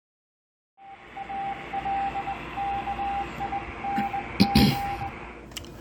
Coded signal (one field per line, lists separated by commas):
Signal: Morse code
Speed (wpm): 20 wpm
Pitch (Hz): 800 Hz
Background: radio noise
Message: ALKING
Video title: DX-60 Net on my HR-10B + Chassis Cleaning Questions